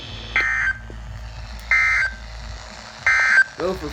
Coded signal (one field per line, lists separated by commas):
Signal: Emergency Alert System (SAME) tones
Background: speech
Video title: EAS Tripleheader Toronto warning flood watch severe thunderstorm warning